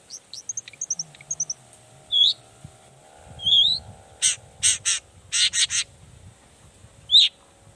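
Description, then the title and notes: Long-tailed shrike song: rapid high ticking notes, slurred whistles, then loud harsh rasping bursts, ending with a single whistled note. Morning singing; chatty, varied song of a long-tailed shrike, said to prompt other shrikes to answer at once and start singing their repertoire. "Cendet Gacor Dor Di Kala Pagi Toet Toet Variasi Suara. Cendet Gacor Pagi Hari Biangnya Bikin Cendet Manapun Langsung On Nyaut Buka Materi. Burung cendet"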